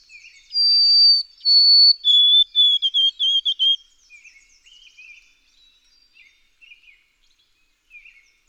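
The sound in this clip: White-throated sparrow singing clear whistles: two sustained high notes, then a string of shorter repeated lower notes, fading into faint scattered chips afterward.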